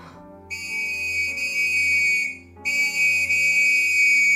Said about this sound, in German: Auf das durchdringende Pfeifen des Wachtmeisters eilte ein Kollege herbei, der sich sogleich aufmachte, um Scotland Yard zu verständigen.